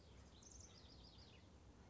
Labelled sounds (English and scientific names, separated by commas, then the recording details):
House Wren (Troglodytes aedon)
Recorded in Sonoma County, California